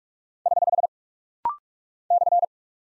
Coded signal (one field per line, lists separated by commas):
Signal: Morse code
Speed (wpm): 46 wpm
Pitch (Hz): 700 Hz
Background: none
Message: <HH> /